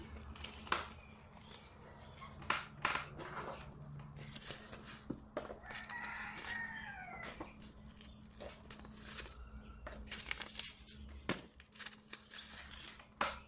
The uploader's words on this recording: Sorting Seed packets. Sorting packets of seeds.